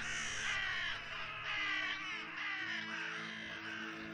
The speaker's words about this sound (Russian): И вороны. Везде вороны.